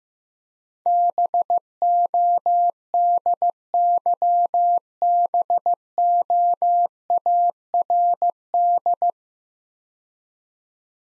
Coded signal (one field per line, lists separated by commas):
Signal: Morse code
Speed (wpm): 15 wpm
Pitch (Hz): 700 Hz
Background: none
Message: BODYBOARD